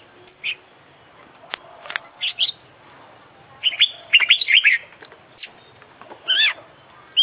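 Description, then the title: Oriental magpie-robin song mixing sharp clicks, warbled whistles and a rich twittering burst near the middle, ending on a bright whistle. International champion kacer from Indonesian songbird contests, singing vigorously (gacor) with its full isian repertoire, used for training other birds. "Kicau Mania - Full Isian Juara Internasional Burung KACER Gacor"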